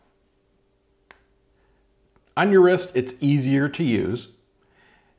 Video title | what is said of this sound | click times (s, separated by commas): The Best Single Fold Deployant Clasps For Your Watch Strap | and it locks into place as it comes down. | 1.1 s